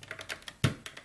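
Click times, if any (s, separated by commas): 0.6 s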